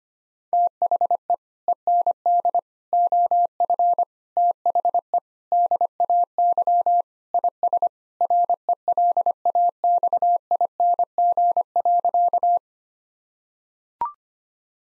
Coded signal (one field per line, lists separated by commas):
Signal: Morse code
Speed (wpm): 25 wpm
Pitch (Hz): 700 Hz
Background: none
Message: THE END OF THE DAY IS RELAXING.